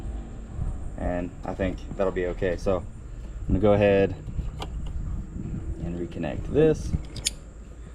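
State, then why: Seated. While redoing the clutch hydraulics on a 2014 Mustang GT, a clutch line quick-connect fitting is pushed onto its mating port under the hood as someone talks. A few faint taps sound around 4.6 and 4.9 seconds. The fitting then seats with one sharp, bright click at 7.3 seconds.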